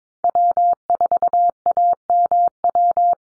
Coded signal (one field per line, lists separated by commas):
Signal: Morse code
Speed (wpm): 22 wpm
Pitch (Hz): 700 Hz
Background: none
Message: W4AMW